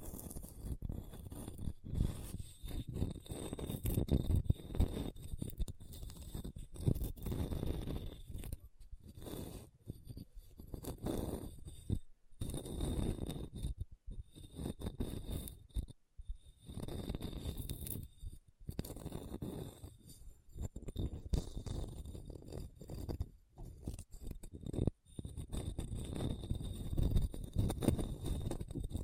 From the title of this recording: Hard and Bumpy Surface Scratching